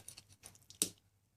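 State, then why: Seated. A small screwdriver works a steel snap ring into the machined groove of a White Industries bicycle freewheel body for a SickBikeParts shift kit. A few faint metallic ticks come first, then one sharp, loud snap at 0.8 s as the ring pops into the groove and seats.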